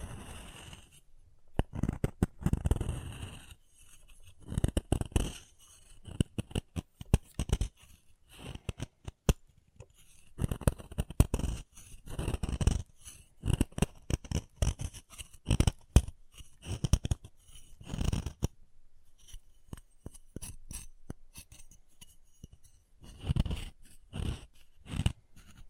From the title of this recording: Chalk Carving and Cutting Sounds